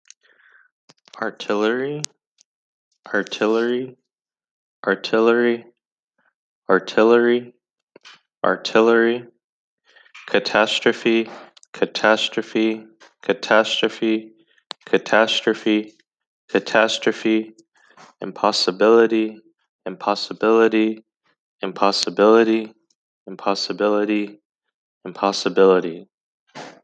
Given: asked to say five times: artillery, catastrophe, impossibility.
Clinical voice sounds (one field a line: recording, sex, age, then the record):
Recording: three words, each repeated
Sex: male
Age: 20 to 29 years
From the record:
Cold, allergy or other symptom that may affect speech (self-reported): no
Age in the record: 27 years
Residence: Texas, United States